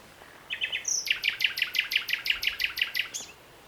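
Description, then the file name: Common nightingale song: a few soft notes, then a loud, evenly spaced run of about twelve sharp repeated notes lasting two seconds. "Luscinia megarhynchos"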